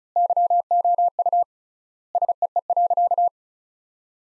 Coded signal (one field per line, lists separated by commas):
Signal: Morse code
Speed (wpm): 36 wpm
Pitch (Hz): 700 Hz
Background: none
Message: YOU SEE.